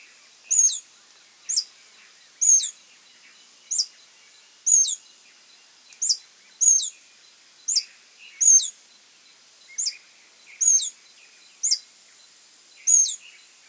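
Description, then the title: Scale-throated hermit repeating a high, thin, squeaky note many times, over faint background chirps. Nominate subspecies Phaethornis eurynome eurynome. "LuckyPassaro Completos2Sama. Scale-throated Hermit (Phaethornis eurynome eurynome)"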